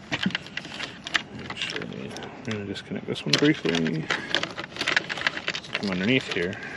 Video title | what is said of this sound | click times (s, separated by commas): Full Install - Hi Rev Sports Medium Smoke Tail Lights - 2019 Honda Civic Type R FK8 - HiRev HRS | put them in a little twist until they click | 1.2 s